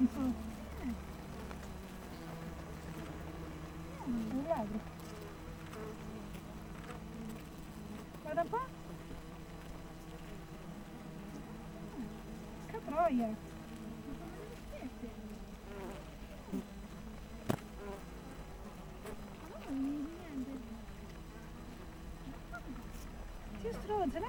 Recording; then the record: honeybee colony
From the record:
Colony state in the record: missing queen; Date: 14 July 2017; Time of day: 7:25